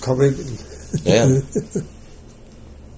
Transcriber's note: laughing